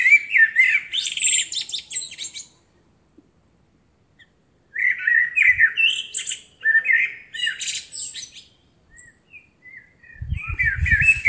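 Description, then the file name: Eurasian blackbird singing fluty warbles with high twittered endings, phrase after phrase. A few faint clicks sound in a pause, and low rumbling noise comes in near the end. "Turdus merula"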